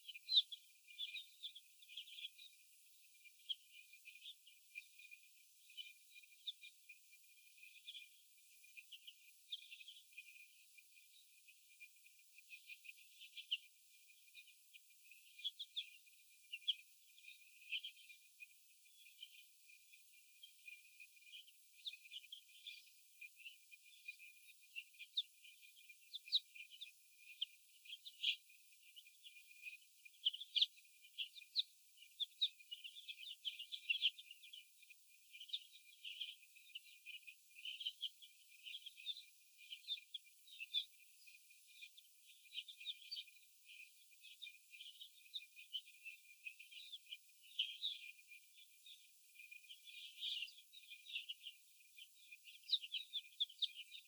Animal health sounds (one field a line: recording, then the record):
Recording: young laying hens in a cage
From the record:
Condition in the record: before the stressor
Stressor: sudden umbrella opening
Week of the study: 2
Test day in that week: 1